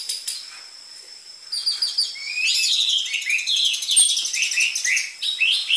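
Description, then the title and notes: Orange-headed thrush song starting quietly, then building into a loud, nonstop stream of rapid chirping and warbling notes. Energetic (gacor) song used as a lure (pikat) and dense filler material for tutoring caged spotted (trotol) orange-headed thrushes. "PANCINGAN Anis Merah Gacor Materi Isian Rapat Cocok Untuk MASTERAN Anis Merah TROTOL. pikat"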